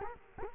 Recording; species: mosquito wingbeat signal from an infrared sensor; Culex quinquefasciatus